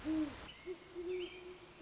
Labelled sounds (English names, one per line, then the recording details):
Great Horned Owl
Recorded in Sonoma County, California